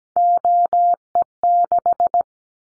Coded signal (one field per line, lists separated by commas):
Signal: Morse code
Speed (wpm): 17 wpm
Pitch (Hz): 700 Hz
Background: none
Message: OE6